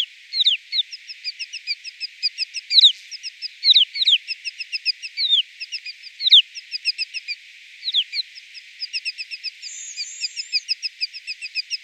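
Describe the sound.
Snowfinch calls: continuous busy chatter of quick high chirps with scattered louder sweeping notes throughout.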